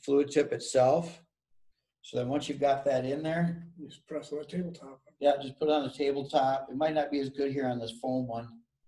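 A beveled seal ring for a SATA automotive spray gun is handled against a tabletop, about to be pressed onto the gun's fluid tip, while someone talks with short pauses. The ring has not snapped or seated yet; no click is heard in the clip.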